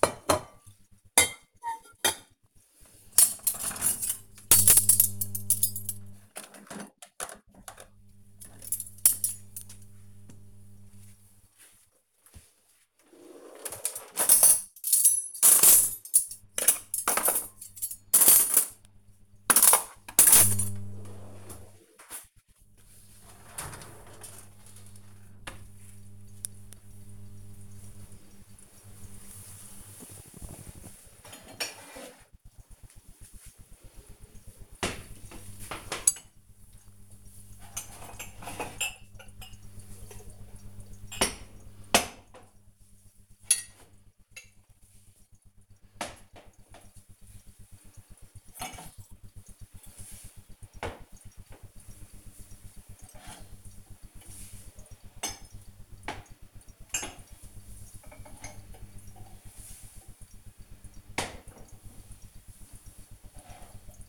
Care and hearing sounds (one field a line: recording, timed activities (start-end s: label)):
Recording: household activities, microphone on the right wrist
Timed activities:
0.00-24.88 s: cleaning out the dishwasher